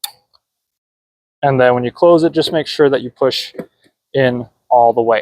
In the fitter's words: twist it clockwise until you hear it click